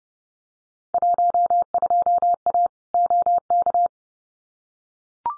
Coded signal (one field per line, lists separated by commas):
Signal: Morse code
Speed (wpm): 30 wpm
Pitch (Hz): 700 Hz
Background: none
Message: 12A OK